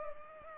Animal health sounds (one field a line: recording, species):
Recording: mosquito wingbeat signal from an infrared sensor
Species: Culex pipiens